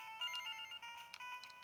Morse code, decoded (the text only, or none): none